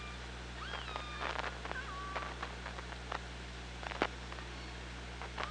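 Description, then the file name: Killer whale calls, several rising and flat tonal calls close together, mixed with sharp clicks and a steady low electrical hum. Hydrophone at OrcaLab, 24 August 2017, 15:49. "Orca Lab UTLN JASON 20170824 154929"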